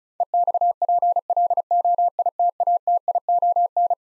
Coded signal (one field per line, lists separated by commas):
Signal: Morse code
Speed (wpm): 36 wpm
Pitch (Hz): 700 Hz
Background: none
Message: EXPLOITATION